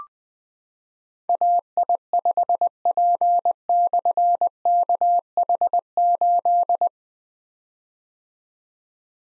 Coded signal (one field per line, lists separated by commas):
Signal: Morse code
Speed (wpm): 20 wpm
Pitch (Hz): 700 Hz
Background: none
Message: AI5P/KH8